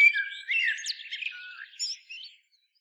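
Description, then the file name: Common blackbird song: a short fluted, warbling phrase that ends in thin, squeaky high twitters, then fades to silence. "Turdus merula"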